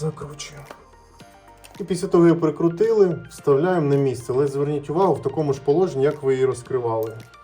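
A fabric roller blind is handled near its plastic window-frame mounting bracket after the brackets have been screwed on, ready to go back in the same position it was opened in. Someone talks over background music, with two brief knocks near 1.2 s and 1.7 s. Nothing has clicked or seated in the bracket yet.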